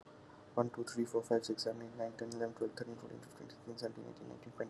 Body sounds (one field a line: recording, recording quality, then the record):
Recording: counting at a fast pace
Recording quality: moderate, slight background noise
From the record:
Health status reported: COVID-19 positive, mild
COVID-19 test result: positive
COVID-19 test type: RT-PCR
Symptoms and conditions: cough, cold, fever, fatigue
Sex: male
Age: 32 years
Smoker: no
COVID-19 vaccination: both doses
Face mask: not worn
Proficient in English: yes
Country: India